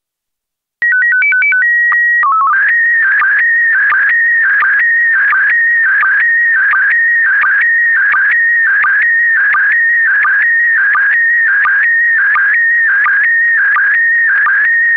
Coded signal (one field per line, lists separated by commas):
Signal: SSTV (slow-scan television)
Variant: PD 90